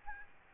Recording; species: mosquito wingbeat signal from an infrared sensor; Aedes albopictus